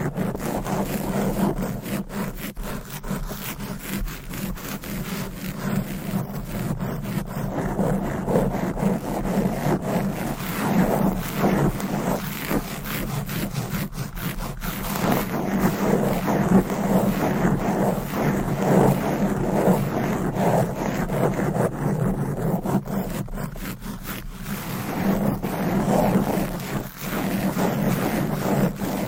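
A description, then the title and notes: Fast, aggressive mic scratching runs nonstop for the whole clip: a dense, rough rasp centered low, with quick rubbing strokes and no pauses. ASMR Fast & Aggressive Mic Scratching - Brain Scratching 10 DIFFERENT MICS No Talking for Sleep.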